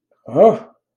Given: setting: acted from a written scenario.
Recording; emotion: vocal sound without words; fear